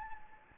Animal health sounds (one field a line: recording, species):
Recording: mosquito wingbeat signal from an infrared sensor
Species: Anopheles gambiae